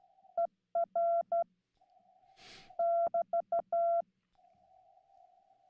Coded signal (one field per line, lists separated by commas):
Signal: Morse code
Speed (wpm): 12 wpm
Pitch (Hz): 680 Hz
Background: none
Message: ER <BT>